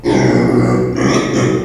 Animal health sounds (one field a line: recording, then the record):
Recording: squeal of a Yucatan mini pig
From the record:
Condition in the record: before surgery on the right vocal fold (resection and tissue-engineered implant)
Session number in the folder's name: 1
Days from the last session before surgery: -3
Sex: male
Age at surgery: 12 weeks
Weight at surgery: 13 kg